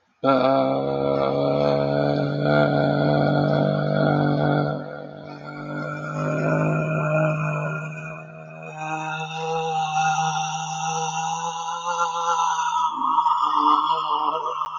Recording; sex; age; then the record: vowel held as long as possible; male; 20 to 29 years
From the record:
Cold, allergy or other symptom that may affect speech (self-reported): no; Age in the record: 25 years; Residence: Florida, United States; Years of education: 16